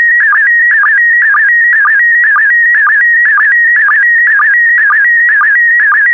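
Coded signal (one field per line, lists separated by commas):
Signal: SSTV (slow-scan television)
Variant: PD120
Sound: warbling, buzzy tone shifting rapidly in pitch, with a short low blip twice a second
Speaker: get ready starting transmission in 5 4 3 2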